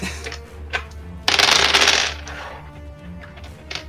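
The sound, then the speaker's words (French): A few sharp clicks of dice being gathered, then a dense, loud clatter as a handful tumbles across a hard surface for about a second, followed by faint scattered ticks, during a Degenesis tabletop role-playing game. “Attends, j'ai pas assez de dés.”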